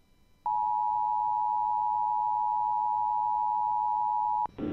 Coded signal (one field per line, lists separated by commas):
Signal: Emergency Alert System (SAME) tones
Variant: 853 and 960 Hz attention tone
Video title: Tornado Warning for Webster, Bienville, and Bossier Parishes, LA (EAS #63)